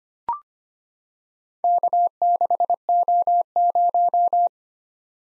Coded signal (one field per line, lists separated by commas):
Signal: Morse code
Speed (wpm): 25 wpm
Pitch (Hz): 700 Hz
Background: none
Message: K6O0